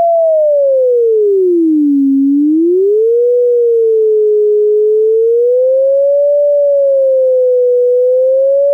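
A single steady electronic tone glides slowly in pitch, dipping low then rising and wavering gently for about nine seconds, with no voices. It is a star's light curve turned into sound, a whole day compressed into one second; a higher tone means the star shines brighter, a lower tone means dimmer light.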